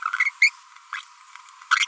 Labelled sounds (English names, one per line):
Green-rumped Parrotlet babbling